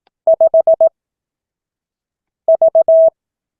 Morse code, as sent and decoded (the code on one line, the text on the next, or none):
..... / ...-
5 V